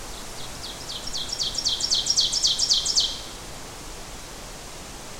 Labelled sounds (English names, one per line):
Ovenbird song